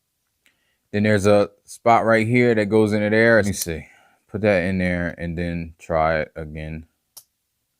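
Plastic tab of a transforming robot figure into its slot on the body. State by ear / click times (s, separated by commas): seated / 7.2 s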